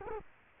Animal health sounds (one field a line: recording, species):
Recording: mosquito wingbeat signal from an infrared sensor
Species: Culex quinquefasciatus